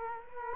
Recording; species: mosquito wingbeat signal from an infrared sensor; Culex quinquefasciatus